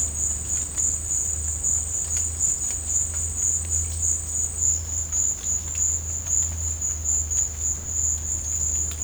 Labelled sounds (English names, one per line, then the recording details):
none
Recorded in dense forest near Puerto Asís, Putumayo, Colombia, on 26 December 2024 at 12:00
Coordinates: 0.481, -76.323
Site G100